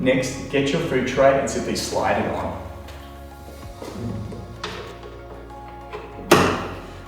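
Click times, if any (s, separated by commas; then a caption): 6.3 s. A plastic food tray is slid onto the arms of a HILO² high chair until it latches, while someone talks over background music. A sharp click at 6.3 s shows the tray has locked into place.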